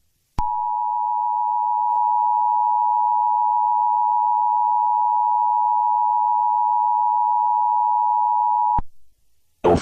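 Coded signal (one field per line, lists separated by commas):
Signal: Emergency Alert System (SAME) tones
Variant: 853 and 960 Hz attention tone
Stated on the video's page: Fictional EAS scenario.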